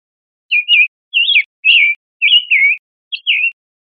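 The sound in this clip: Summer tanager calls: five short, slurred notes in quick succession, each dropping slightly in pitch, with a clean quiet background.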